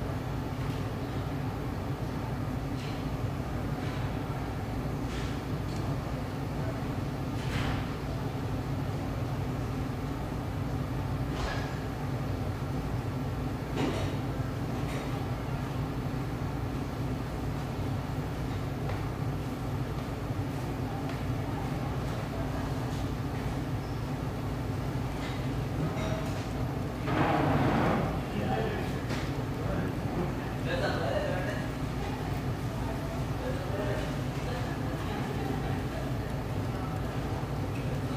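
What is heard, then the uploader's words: Summer afternoon sounds in Denver's RINO neighborhood: a steady low rumble of traffic fills the whole recording, with a faint hum underneath. Scattered brief clicks and knocks come through, and indistinct voices surface around 27 and 31 seconds. Mellow, summer afternoon sounds from a spacious spot on in Denver's trendy RINO neighborhood.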